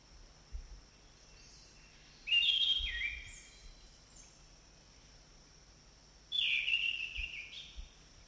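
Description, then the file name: Orange-banded thrush song: two clear warbling phrases four seconds apart, separated by quiet, over a faint steady hum. In forest. "anis cendana hutan omkicau"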